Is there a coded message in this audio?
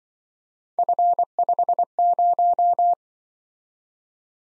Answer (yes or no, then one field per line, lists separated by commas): yes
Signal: Morse code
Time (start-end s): 0.8-2.9 s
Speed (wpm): 25 wpm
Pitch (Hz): 700 Hz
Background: none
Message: F50